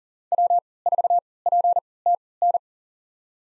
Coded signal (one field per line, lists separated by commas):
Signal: Morse code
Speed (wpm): 40 wpm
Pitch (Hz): 700 Hz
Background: none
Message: W4PTN